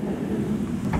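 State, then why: Not seated. The sliding storage tray in the storage bay of a Luxe Gold 38GFB fifth-wheel trailer is pushed back into its track after being pulled out with the release lever. A steady low rumble of the tray moving is heard, with a brief sharper burst near 0.9 s. The tray has not yet seated or locked in place.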